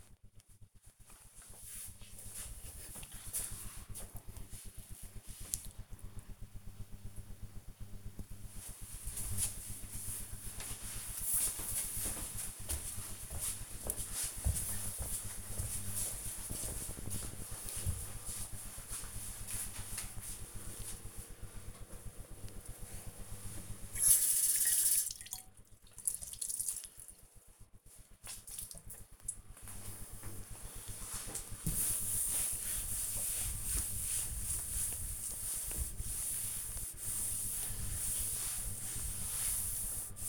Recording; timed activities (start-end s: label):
household activities, microphone on the right wrist
20.71-40.29 s: cleaning table